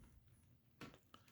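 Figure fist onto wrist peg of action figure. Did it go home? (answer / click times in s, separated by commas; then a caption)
yes / 0.8 s, 1.1 s. The right fist of a plastic McFarlane Toys DC Multiverse Bane Collect to Build action figure is pushed onto its wrist peg. After a quiet stretch, a sharp plastic pop sounds at 0.8 s, then a second short click at 1.1 s, with faint ticks in between and after. The fist seats onto the peg.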